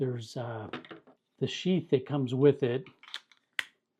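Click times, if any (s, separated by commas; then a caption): 3.6 s. Someone talks about a fixed-blade knife with a 3 7/8-inch AD crv2 steel blade and the sheath that comes with it, then pushes the knife into that sheath. A few faint ticks at about 3.1 to 3.4 seconds lead to a single sharp, loud click at 3.6 seconds as the sheath's retention snaps home. The knife is seated in its sheath with a firm, positive click.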